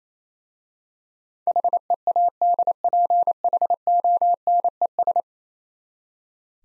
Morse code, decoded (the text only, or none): HEADPHONES